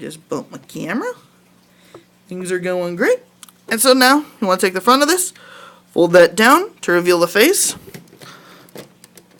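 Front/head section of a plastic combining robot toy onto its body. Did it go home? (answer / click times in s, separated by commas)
yes / 9.0 s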